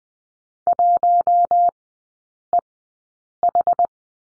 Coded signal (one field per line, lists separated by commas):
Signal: Morse code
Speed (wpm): 20 wpm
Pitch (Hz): 700 Hz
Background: none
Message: 1EH